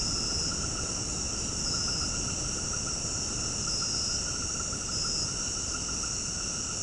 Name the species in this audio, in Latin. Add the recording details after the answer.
none. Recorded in dense forest near Puerto Asís, Putumayo, Colombia, on 20 February 2024 at 20:30. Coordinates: 0.486, -76.316. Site G6437